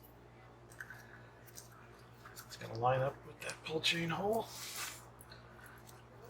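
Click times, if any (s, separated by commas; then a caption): none. A lamp socket shell is being lined up with the pull chain hole on the socket cap before it is pushed home. Someone talks while small handling clicks and taps are heard. Nothing has snapped into place yet.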